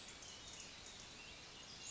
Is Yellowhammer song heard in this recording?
no